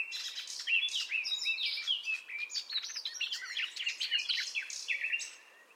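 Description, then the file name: Common nightingale singing a rich, unbroken stream of whistled and chattering notes that fades away in the last second. "Luscinia megarhynchos"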